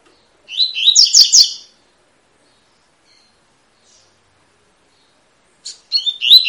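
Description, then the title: Double-collared seedeater song phrase of quick twittering notes, then a long silence before the next phrase starts at the very end. Tui-tui song with fibra quality, a tutor song for teaching young birds. "COLEIRO TUI TUI FIBRA"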